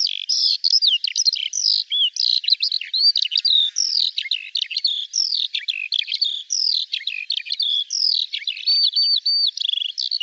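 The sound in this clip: Eurasian skylark singing a long, lively torrent of high twittering notes and slurred whistles, with a brief repeated whistled phrase near the end.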